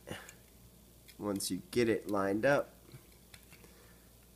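The plastic arm of a transforming action figure is rotated and brought up by hand so its tab can line up with a slot on the figure's body, while someone talks. Only faint handling ticks are heard; nothing has seated or clicked yet.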